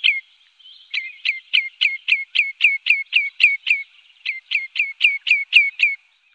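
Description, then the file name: Common redshank singing a run of ringing down-slurred notes, roughly four a second, with one brief pause midway before the series resumes. "Rodbena"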